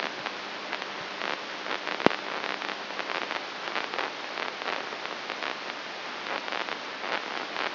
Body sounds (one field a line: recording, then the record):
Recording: brain microelectrode recording played as sound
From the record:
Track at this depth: inside the subthalamic nucleus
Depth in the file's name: 3.62 mm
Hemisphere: left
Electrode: 3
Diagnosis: Parkinson's disease